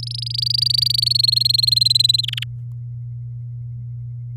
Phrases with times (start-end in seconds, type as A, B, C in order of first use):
0.00-1.17 A, 1.19-2.21 B, 2.23-2.44 C